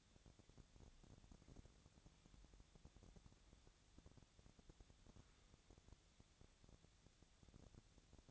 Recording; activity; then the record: daily activity, microphone in the room; wipe stove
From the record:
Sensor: 3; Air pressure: 1000.5 hPa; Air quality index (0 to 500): 178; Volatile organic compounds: 4 ppm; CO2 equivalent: 1548 ppm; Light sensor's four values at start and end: 13/31/13/14 and 13/31/13/14